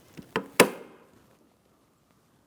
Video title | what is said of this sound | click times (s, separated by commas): How to Replace Tailgate Kit 2007-2014 GMC Sierra 2500 HD | Press it down. Listen for a click from our locking tabs. | 0.4 s, 0.6 s